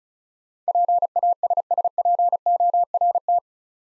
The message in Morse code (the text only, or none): PASSPORT